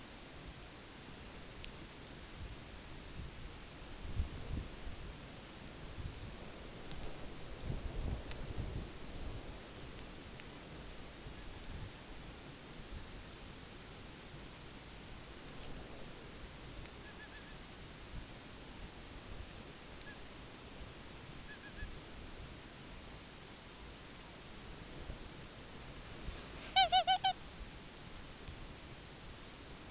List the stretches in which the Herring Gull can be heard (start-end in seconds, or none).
11.07-11.96, 16.84-17.68, 19.93-20.25, 21.30-21.95, 26.43-27.52